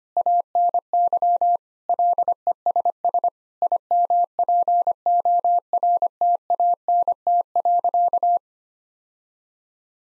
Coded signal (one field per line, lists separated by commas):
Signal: Morse code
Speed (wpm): 25 wpm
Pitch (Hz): 700 Hz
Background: none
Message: ANY LESS IMPORTANT.